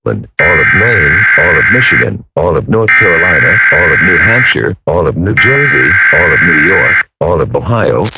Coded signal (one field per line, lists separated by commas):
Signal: Emergency Alert System (SAME) tones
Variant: header bursts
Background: speech